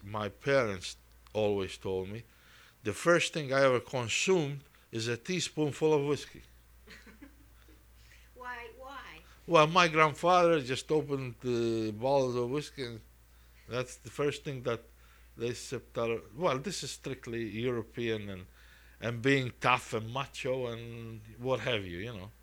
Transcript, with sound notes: my parents always told me the first thing I ever consumed is a teaspoon full of whiskey.
( she laughs ) Why?
Well, my grandfather just opened the bottle of whiskey, and that's the first thing that they sipped out of, well, this is strictly European, and being tough and macho and what have you, you know.